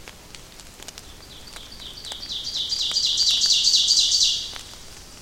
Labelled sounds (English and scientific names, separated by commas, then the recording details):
Ovenbird (Seiurus aurocapilla) song
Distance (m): 15 m
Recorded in boreal forest in Alberta, Canada, on 28 May 2016 at 08:54
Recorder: SongMeter 3, array SBT-3-49
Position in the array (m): 54 m, 148 m
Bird 15